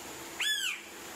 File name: p moluccensis